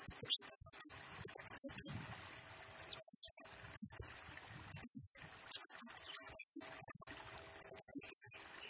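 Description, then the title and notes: Blue-crowned hanging parrot singing: piercing high squeaks in rapid clusters with short gaps, some notes stretched into thin buzzy whistles. Serindit lure and tutoring song used to train and attract birds, in the vigorous gacor, rapid-fire nembak singing style, said to stir up all birds. "Burung Serindit Nembak Gacor Bikin Emosi Semua Burung. Suara Nasteran Dan Pemikat Burung Serinditan Gacor"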